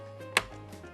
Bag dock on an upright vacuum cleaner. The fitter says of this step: watch this hear the snap when I pull this off